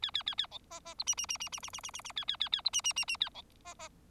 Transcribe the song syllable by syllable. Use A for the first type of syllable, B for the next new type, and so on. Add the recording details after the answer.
A A A A B C C D E E E E E E E E E E A A A A D E E E E A B C C. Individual Bird4